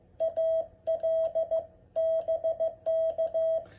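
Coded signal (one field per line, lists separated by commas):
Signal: Morse code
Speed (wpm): 16 wpm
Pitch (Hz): 650 Hz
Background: none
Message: AL BK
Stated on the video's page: Parks on the Air hunting in CW on 20 meters with an Icom 7300 and a Begali key.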